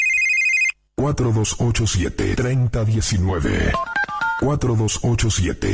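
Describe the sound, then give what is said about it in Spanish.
A short electronic telephone ring opens the listeners' phone-line jingle of Argentine radio station La Sabrosita 94.9 (Florencio Varela, Buenos Aires province), then a voice speaks over music, with a quick run of stepped touch-tone dialing beeps partway through. “Teléfono de oyentes en La Sabrosita.”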